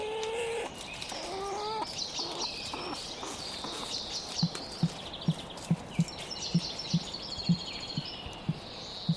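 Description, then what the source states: Weka deep call: a rapid series of short, low thudding notes in the second half. Male weka, mate of a female with a small territory of about half a hectare, on a regenerating farm, Marlborough Sounds; after accepting meat, gives a deep call to summon his female and pass her the food.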